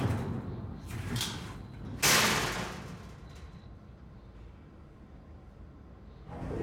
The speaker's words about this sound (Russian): Дергает двери. Пытается их выломать. Крутит висящий на цепи замок. Снова дергает двери. Открыть их у него не получается.